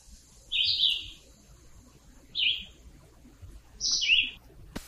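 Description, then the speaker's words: Red-eyed Vireo song: three short, clear whistled phrases separated by pauses of about a second, the last dropping in pitch, over faint low background noise. Recorded June 1, 2020 in Washington County; the phrases sound like questions followed by answers. "Let's take a listen to that red-eyed vireo again."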